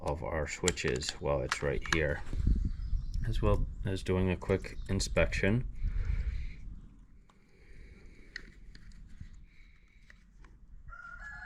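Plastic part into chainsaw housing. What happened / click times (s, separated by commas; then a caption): Plastic part handled, not yet seated / none. Someone talks for the first six seconds about checking the switches and doing a quick inspection on a Stihl MS251c chainsaw. Then there are quiet handling sounds with a few faint sharp ticks as a plastic part is pressed into the chainsaw housing. Nothing has seated or clicked into place yet.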